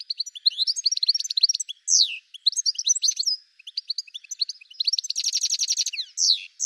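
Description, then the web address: Bird song as continuous high twittering, with sharp downslurred whistles and a dense buzzy trill in the final seconds. "cianscape birddata Deverinetal 2025 Bird Ca Ca Ca Ca"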